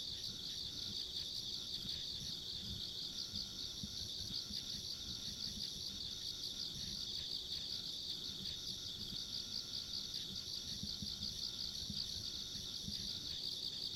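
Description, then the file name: Dense insect chorus of high, throbbing trills sustained throughout, accompanied by a soft low-frequency rumble. Ambient insect sounds recorded along a country road. "田舎道の虫の環境音"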